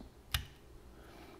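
A plastic CPU carrier frame for an AMD Threadripper is pushed down along the socket rail frame until it snaps into place, giving a single sharp click at 0.4 s. The carrier frame is seated and confirmed in.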